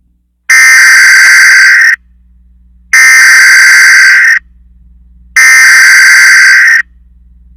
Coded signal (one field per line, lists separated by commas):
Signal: Emergency Alert System (SAME) tones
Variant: header bursts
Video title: Nick Jr emergency alert system